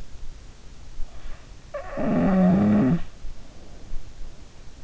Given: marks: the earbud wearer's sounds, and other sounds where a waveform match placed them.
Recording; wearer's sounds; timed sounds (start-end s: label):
sounds in sleep by an in-ear microphone; snoring breath
1.24-4.12 s: snoring breath